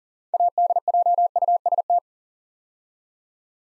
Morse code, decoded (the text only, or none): ADJUST